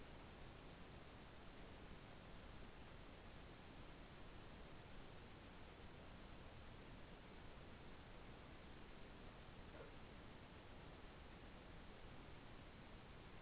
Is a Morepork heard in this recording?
no